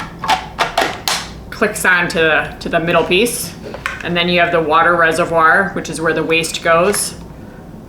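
A plastic clean-water reservoir filled with demo water is pushed onto the middle piece of a powered Navage Nose Cleaner nasal irrigator, with short knocks at about 0.2 s and 0.8 s before a sharp, loudest click at 1.1 s. Someone then talks for the rest of the clip, and the reservoir is seated on the irrigator body.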